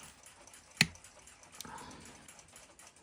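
The brass mainspring barrel cap of a ship's clock movement, marked with red color, is snapped into its angled relief cut in the barrel to show where it makes contact. A sharp, bright snap at 0.8 s seats the cap, followed by a fainter tick around 1.6 s and low handling noise. The cap is in place, but it contacts the barrel poorly.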